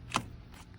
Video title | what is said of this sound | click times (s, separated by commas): Replacing Turn Signal switch on 2008 Pontiac G5 | I'd have to move the handle down a little bit to get it to snap into place. | 0.2 s